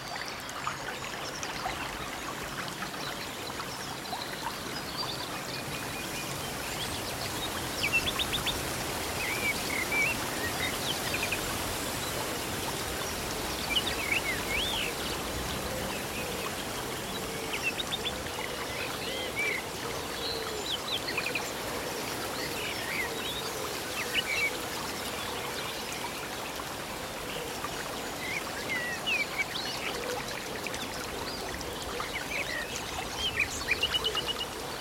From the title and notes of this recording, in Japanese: 森林浴 - 静かな自然の睡眠音。そよ風に揺れる葉、美しい鳥の歌声、そして平和なせせらぎの音。